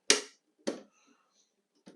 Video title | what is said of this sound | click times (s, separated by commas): Statim G4 2000 2-Year PM Kit Part 4: Replacing the Compressor Filter and Bio-Filter | Add I am going to push down on it. And that bio-filter will snap into place. | 0.1 s